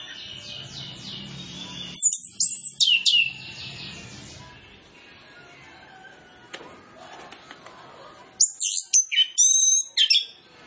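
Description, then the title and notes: Orange-headed Thrush singing fast bursts of high, sweeping chirps and whistles, with a hushed stretch in the middle and a second lively burst near the end. Lure training recording of full mimicry-filled song, played to prompt Orange-headed Thrushes to sing quickly and freely. "Masteran Anis Kembang Full Isian Untuk Suara Pancingan Anis Kembang Agar Cepat Ngeplong. Suara Burung Anis Kembang"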